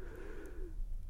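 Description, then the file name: Sheep bleating once, a soft sustained tone lasting most of a second, with low background rumble throughout. "mouton"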